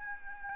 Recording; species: mosquito wingbeat signal from an infrared sensor; Aedes albopictus